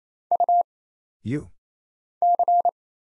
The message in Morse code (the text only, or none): UC